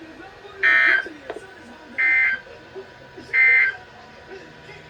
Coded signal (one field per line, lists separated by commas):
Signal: Emergency Alert System (SAME) tones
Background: speech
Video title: End Of The Week Alerts (EAS 620-636)